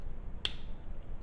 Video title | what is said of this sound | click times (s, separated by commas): Mayhen Syndicate Comp on a Gen 5 Glock 19 MOS vs PMM vs KKM | if you could hear the click but it locked right in place so now this thing won't come off | 0.4 s